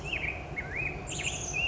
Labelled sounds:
Black-headed Grosbeak
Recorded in Sonoma County, California

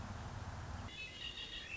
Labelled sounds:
Red-winged Blackbird
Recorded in Sonoma County, California

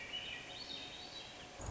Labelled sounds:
Swainson's Thrush
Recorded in Sonoma County, California

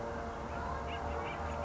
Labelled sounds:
Acorn Woodpecker
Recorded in Sonoma County, California

